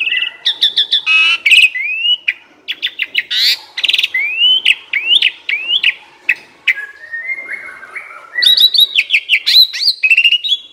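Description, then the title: Asian pied starling song, mixing rising slurred whistles, rapid clicking bursts and harsh rasps in a long continuous varied sequence. Training recording (masteran) meant to make birds that sing too little, sluggish or lethargic sing more actively. "Masteran Jalak Suren. Burung KURANG GACOR Dan LOYO"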